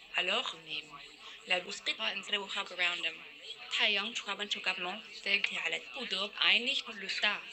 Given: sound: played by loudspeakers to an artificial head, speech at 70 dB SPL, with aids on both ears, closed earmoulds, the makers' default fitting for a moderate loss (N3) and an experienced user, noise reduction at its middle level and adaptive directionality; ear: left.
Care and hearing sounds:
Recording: speech test signal (ISTS) in cocktail-party noise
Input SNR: +6 dB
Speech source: in front (0 degrees)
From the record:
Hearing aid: class 1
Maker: I

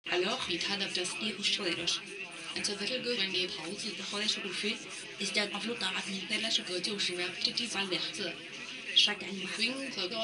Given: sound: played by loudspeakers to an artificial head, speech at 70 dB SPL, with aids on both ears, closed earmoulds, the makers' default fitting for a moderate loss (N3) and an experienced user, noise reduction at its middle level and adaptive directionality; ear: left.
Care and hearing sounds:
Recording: speech test signal (ISTS) in cocktail-party noise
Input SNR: +9 dB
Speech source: on the right (90 degrees)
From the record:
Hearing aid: class 2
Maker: B

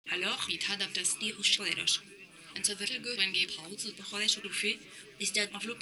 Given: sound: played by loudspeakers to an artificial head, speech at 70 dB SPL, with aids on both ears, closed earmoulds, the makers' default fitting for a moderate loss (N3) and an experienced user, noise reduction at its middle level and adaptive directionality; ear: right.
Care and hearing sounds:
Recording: speech test signal (ISTS) in cocktail-party noise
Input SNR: +9 dB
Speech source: in front (0 degrees)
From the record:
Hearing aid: class 2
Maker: J

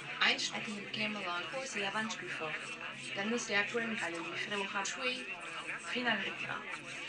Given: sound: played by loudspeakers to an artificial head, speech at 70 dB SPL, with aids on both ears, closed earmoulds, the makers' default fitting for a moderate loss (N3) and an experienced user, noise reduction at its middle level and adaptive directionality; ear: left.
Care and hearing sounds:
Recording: speech test signal (ISTS) in cocktail-party noise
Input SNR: +6 dB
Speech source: on the right (90 degrees)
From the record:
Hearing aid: class 2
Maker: G

